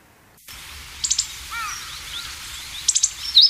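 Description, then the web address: Meadow bunting calls: brief high triple ticks near the start and again near the end, with a soft low harmonic call in between and steady background hiss. "sikioto. houzirozinaki"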